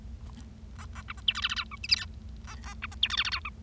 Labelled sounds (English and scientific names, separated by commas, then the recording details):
Bengalese Finch (Lonchura striata domestica) song
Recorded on 25 March 2012 at 13:48
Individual gy6or6